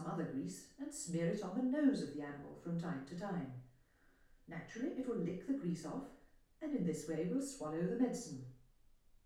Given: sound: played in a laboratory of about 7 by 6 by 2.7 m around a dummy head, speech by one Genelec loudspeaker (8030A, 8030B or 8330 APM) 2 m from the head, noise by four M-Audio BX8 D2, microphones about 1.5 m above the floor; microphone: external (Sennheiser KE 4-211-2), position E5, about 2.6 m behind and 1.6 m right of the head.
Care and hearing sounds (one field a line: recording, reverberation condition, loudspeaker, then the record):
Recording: female speech in English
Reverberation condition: medium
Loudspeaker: 60 degrees to the right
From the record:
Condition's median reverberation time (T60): about 510 ms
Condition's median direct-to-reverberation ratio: about -0.5 dB